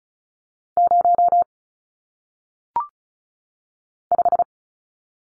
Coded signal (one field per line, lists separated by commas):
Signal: Morse code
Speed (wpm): 36 wpm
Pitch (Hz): 700 Hz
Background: none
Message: 0 5